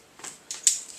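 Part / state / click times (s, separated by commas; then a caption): side plate of a rope descender/positioning device closing on the rope / seated / 0.7 s. The two halves of a metal rope descender/positioning device are pushed together over a rope routed in the groove between the bollard and the bottom cheek piece. Soft handling rustles are followed by a sharp metallic click at 0.7 s as the side plate closes and locks on the rope with the green indicator showing, confirming it is locked in.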